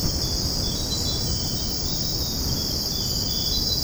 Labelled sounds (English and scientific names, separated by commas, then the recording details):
none
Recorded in secondary vegetation near Puerto Asís, Putumayo, Colombia, on 21 February 2024 at 05:30
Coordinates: 0.489, -76.322
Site G6419